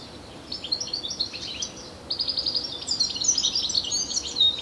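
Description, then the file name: European Goldfinch calls: fluttering, high tinkling twitter that grows denser and louder after two seconds. "Carduelis carduelis"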